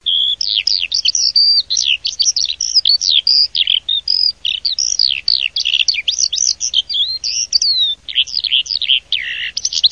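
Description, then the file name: Eurasian skylark song: a continuous, fast, high warbling stream of twittering and trilled notes throughout. "ALLODOLAMONT"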